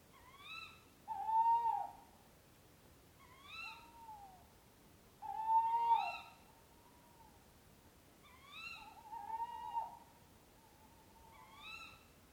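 Owl giving several hoarse, harmonic hoots, some swelling loudly, others shorter and rising, spaced roughly two seconds apart over low background hiss.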